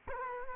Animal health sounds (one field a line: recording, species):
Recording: mosquito wingbeat signal from an infrared sensor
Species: Culex quinquefasciatus